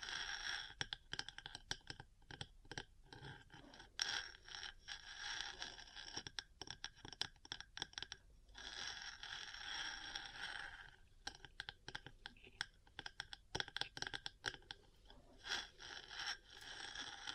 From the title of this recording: Metal Parts Tapping & Scratching